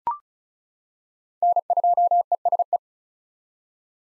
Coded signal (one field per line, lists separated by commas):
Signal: Morse code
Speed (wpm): 36 wpm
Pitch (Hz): 700 Hz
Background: none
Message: N2ESE